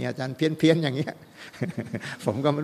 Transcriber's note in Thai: หัวเราะ